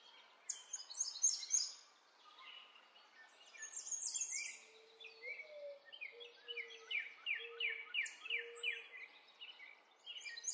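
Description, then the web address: Birdsong from several birds: high whistled chirps and twittering phrases, a series of sharp descending notes, and a run of low whistled notes, over a soft background hiss. Birds in a forest. "Lynne Music. Nature Birds Loop"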